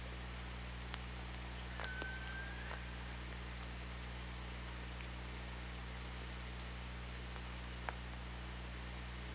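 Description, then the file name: Killer whale call, a single tonal note holding steady then rising slightly, among sparse sharp clicks over steady underwater hiss and low hum. OrcaLab hydrophone, 24 August 2017. "Orca Lab UTLN JASON 20170824"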